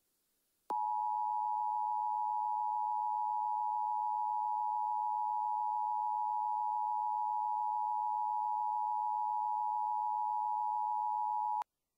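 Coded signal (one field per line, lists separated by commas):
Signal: Emergency Alert System (SAME) tones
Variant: 853 and 960 Hz attention tone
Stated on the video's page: Fictional EAS scenario, not a real alert.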